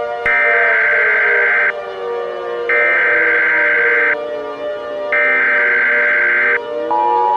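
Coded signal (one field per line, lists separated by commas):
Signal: Emergency Alert System (SAME) tones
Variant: header bursts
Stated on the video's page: Fictional EAS scenario made for entertainment, using actual SAME tones.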